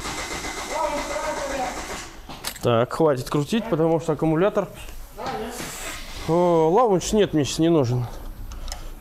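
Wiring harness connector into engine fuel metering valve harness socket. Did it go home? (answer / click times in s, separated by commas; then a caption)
yes / 8.5 s, 8.7 s. A wiring harness connector is pushed into the engine harness socket at the fuel metering valve of a Hyundai Grand Starex D4CB after a repair, while someone talks. Two short ticks are heard at 8.5 s and 8.7 s as the connector clicks in and seats properly.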